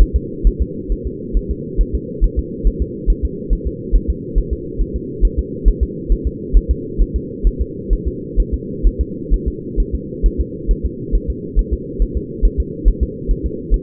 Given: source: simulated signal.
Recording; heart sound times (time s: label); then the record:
fetal heart sounds
0.02 s: S1
0.16 s: S2
0.47 s: S1
0.62 s: S2
0.92 s: S1
1.07 s: S2
1.37 s: S1
1.51 s: S2
1.81 s: S1
1.95 s: S2
2.24 s: S1
2.39 s: S2
2.67 s: S1
2.82 s: S2
3.10 s: S1
3.25 s: S2
3.53 s: S1
3.67 s: S2
3.96 s: S1
4.10 s: S2
4.38 s: S1
4.53 s: S2
4.81 s: S1
4.96 s: S2
5.25 s: S1
5.39 s: S2
5.68 s: S1
5.83 s: S2
6.12 s: S1
6.27 s: S2
6.57 s: S1
6.71 s: S2
7.02 s: S1
7.16 s: S2
7.47 s: S1
7.61 s: S2
7.93 s: S1
8.08 s: S2
8.40 s: S1
8.54 s: S2
8.87 s: S1
9.01 s: S2
9.34 s: S1
9.48 s: S2
9.80 s: S1
9.95 s: S2
10.26 s: S1
10.41 s: S2
10.71 s: S1
10.86 s: S2
11.15 s: S1
11.30 s: S2
11.59 s: S1
11.73 s: S2
12.02 s: S1
12.17 s: S2
12.45 s: S1
12.60 s: S2
12.88 s: S1
13.03 s: S2
13.31 s: S1
13.46 s: S2
13.74 s: S1
From the record:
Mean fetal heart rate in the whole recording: 135 bpm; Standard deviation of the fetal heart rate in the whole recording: 3 bpm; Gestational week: 36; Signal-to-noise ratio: -4.1 dB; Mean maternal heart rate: no maternal heart sound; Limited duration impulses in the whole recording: absent